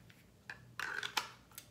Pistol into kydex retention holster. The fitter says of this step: clicks into place does not fall out